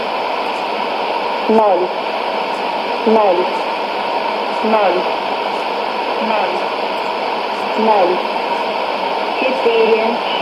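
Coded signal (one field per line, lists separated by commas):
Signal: numbers station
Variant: S06s, Russian female voice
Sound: a female voice reads about six short, evenly spaced words through heavy radio hiss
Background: radio static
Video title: 31 05 2017 Numbers station S06s Russian Lady in Russian to Eu 0832 on 11565 unknown tx site in CUSB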